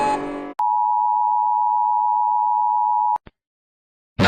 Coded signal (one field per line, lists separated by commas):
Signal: Emergency Alert System (SAME) tones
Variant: 853 and 960 Hz attention tone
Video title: Rating EAS Alarms (Part 2) #eas #part2 #fyp